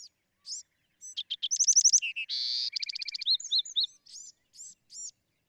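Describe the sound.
Bewick's wren song: a couple of high notes open a rapid trill, followed by a harsh buzzy note, another fast trill, and a few spaced arched notes.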